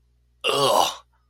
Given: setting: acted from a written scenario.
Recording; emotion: vocal sound without words; disgust